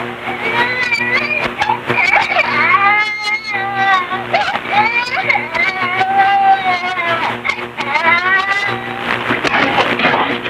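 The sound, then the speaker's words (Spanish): A young girl who has woken up in the dark inside a wardrobe cries loudly and without pause for about ten seconds, her high wailing sobs sliding up and down in pitch with short catches of breath between them. “La niña se despertó dentro del armario y al encontrarse a oscuras, rompió a llorar.”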